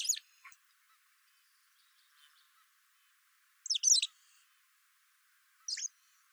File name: Motacilla alba